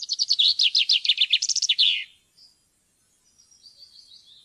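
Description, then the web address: Common chaffinch song phrase of quick descending trills closing with a flourish, followed by faint thin high notes. "fuglelyder- bokfink"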